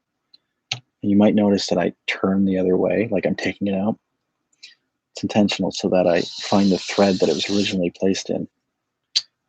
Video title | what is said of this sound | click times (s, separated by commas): Macintosh Plus - Floppy Maintenance | it clicks into place falls into that thread and i can just tighten it up i | 9.2 s